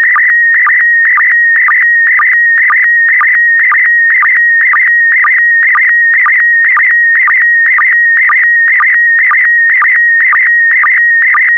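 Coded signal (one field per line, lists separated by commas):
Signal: SSTV (slow-scan television)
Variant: PD120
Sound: steady high warbling tone with short low chirps about twice per second, rhythmic buzzing scan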